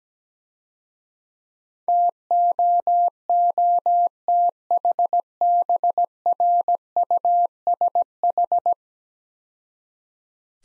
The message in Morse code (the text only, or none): TOOTHBRUSH